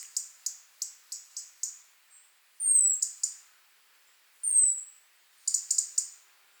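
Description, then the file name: European robin gives a run of evenly spaced sharp ticks, then two thin downslurred whistles and a final quick tick cluster. "Erithacus rubecula"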